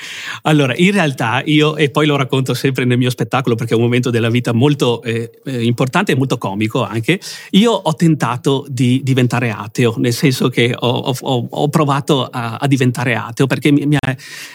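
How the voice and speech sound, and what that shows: Mostly fluent Italian speech from an adult man with a creaky repeated vowel and stretched sounds before words: stuttering (balbuzie), with the embarrassment a stutter creates.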